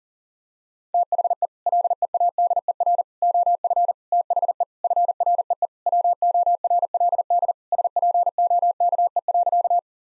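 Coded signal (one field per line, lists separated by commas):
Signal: Morse code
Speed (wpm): 40 wpm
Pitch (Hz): 700 Hz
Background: none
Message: THE LEADER OF THE FREE WORLD SPOKE.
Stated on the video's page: Head-copy drill of sentences with common six-word phrases at 40 wpm, each sentence sent, spoken, then sent again.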